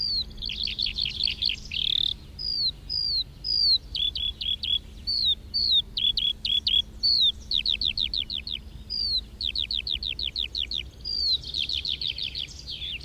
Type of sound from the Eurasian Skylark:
flight song